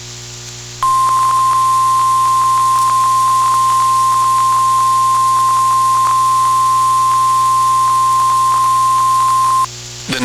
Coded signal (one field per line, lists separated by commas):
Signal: Emergency Alert System (SAME) tones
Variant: 1050 Hz attention tone